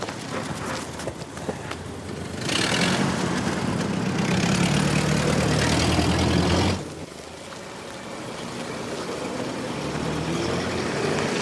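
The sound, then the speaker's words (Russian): A car engine rumbles at a low idle as people get in, then revs up into a louder, rougher drone for several seconds before settling back to a quieter, steady hum as the car drives on toward a boarding school. “Садятся в машину.”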